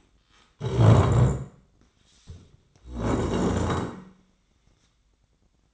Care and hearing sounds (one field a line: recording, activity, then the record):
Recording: daily activity, microphone in the room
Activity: stand up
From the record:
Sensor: 3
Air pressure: 1012.3 hPa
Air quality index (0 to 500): 175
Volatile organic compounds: 3 ppm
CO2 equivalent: 1341 ppm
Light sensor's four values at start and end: 98/214/103/117 and 64/165/72/79